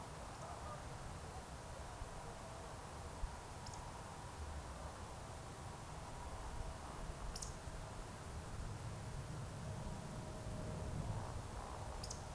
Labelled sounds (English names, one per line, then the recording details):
Eurasian Woodcock whistle
Eurasian Woodcock croak
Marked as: whistle, whistle, croak, whistle, croak, whistle
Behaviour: display flight
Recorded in Baden-Württemberg, Germany, on 3 June 2021 at 20:04 UTC
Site 45499, 200 m above sea level